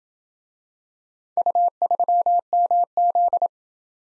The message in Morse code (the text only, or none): U3MZ